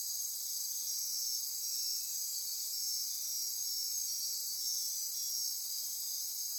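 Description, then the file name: Insects in chorus, an unbroken high shrill hum layered with rapid pulsing trills at even loudness. Insect chorus recorded at midnight near Corcovado. "Wind-is-the-Original-Radio-Fridays 20240628 Andy-Martin Midnight-Insect-Chorus-Near-Corcovado"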